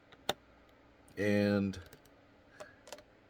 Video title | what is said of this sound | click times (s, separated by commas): Clean The Booty - Brush Teeth Floss Inbetween Hygiene - Love ❤️ Charlie Kirk - Jesus - God | Click. Says a nice little click to it. | 0.3 s